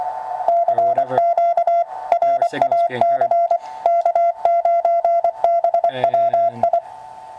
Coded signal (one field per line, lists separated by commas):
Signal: Morse code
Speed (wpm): 24 wpm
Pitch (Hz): 680 Hz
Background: none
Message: CQ RAC K9BWI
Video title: RadioSet-GO QRP transceivers - brief overview and demo by Hanz, W1JSB